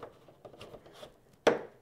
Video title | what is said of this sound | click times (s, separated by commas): Unboxing the Aerogarden Ultra (LED) | there, it just snaps into place. | 1.5 s